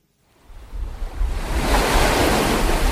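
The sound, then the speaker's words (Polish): Southern Ocean waves surge and roar amid gusting wind, heard from a sailing yacht past the Antarctic convergence zone, a broad rushing noise that swells from near silence into a steady, loud wash with rumbling low buffeting throughout. “Tak brzmi Ocean Południowy.”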